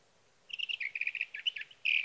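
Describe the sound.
Sage thrasher song, a quick chattering warble of repeated notes, ending in a loud slurred whistle, over light hiss.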